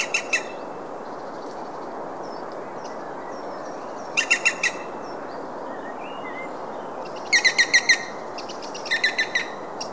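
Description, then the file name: European green woodpecker giving brief rapid series of ringing notes in four separate bursts, with faint chirps of other birds and constant background hiss. "zold kullo hangja"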